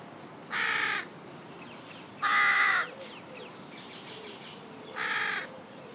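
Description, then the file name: Carrion crow giving three harsh, hoarse caws, each about half a second long and spaced well apart, over a quiet background. "Corvus corone"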